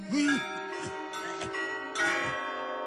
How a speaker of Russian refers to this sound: Монастырские часы пробили четверть.